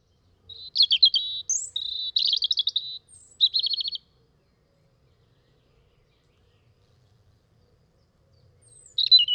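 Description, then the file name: European robin song: short bursts of buzzy, rattling trills with a brief high note. After a quiet gap, a new phrase begins. "rouge gorge"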